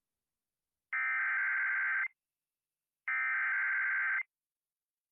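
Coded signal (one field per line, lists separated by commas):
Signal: Emergency Alert System (SAME) tones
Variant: header bursts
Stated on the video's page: Virtual, simulated Severe Thunderstorm Warning for Nevada.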